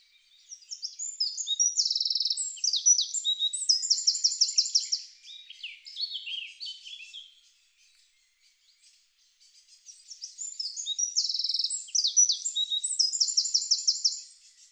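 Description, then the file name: Eurasian wren singing two long bursts of shrill, fast-tumbling notes and rattling trills, separated by a few seconds of near silence. "Troglodytes troglodytes"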